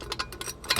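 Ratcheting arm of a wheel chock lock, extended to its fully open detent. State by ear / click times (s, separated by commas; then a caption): seated / 0.7 s. The adjustable arms of a Trimax metal trailer wheel chock lock are pulled open through their ratchet detents, giving a run of short, sharp ticks. The loudest click at 0.7 s is the last detent, where the lock stops in its fully open position.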